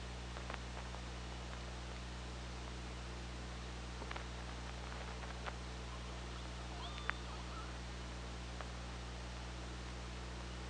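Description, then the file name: Orca: scattered sharp clicks and a brief high whistle near the middle, over a steady low hum. OrcaLab hydrophone, 24 August 2017 at 15:37:19. "Orca Lab UTLN 20170824 153719"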